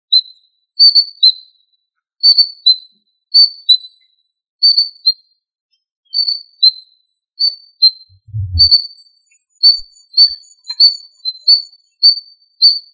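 Quail giving clear, high whistled notes in quick pairs, repeated every second or so, with one low thump partway through.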